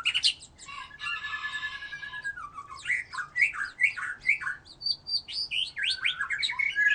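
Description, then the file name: White-rumped shama song: a harsh rasping buzz opens, followed by a fast run of varied whistled and slurred notes, ending in a lively, jumbled flourish. "murai batu"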